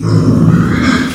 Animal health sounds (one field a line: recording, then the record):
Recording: squeal of a Yucatan mini pig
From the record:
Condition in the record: after surgery on the right vocal fold (resection and tissue-engineered implant)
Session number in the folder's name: 9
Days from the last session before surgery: 65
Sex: female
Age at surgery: 19 weeks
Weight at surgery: 25 kg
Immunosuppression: prednisolone